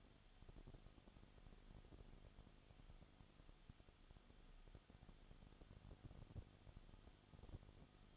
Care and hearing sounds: daily activity, microphone in the room; no activity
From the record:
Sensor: 4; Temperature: 22.7 degrees Celsius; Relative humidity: 31.7%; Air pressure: 995.4 hPa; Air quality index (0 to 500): 158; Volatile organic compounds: 2 ppm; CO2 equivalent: 1256 ppm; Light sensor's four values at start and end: 2/3/1/1 and 2/3/1/1

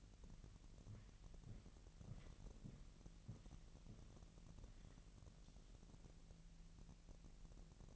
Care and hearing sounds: daily activity, microphone in the room; walk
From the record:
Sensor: 4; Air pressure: 1003.0 hPa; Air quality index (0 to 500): 247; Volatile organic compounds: 27 ppm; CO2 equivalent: 2878 ppm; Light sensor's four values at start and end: 7/17/7/7 and 8/17/7/7

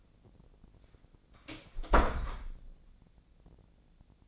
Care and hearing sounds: daily activity, microphone in the room; close door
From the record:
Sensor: 5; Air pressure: 1009.3 hPa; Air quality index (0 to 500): 164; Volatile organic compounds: 2 ppm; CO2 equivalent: 1254 ppm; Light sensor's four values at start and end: 149/354/150/163 and 149/353/150/162

